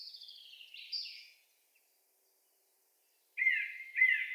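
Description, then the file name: Song thrush song: a short chattering phrase, long silence, then two repeated ringing notes. Recorded 25 April 2015. "Singdrossel Turdus philomelos 20150425"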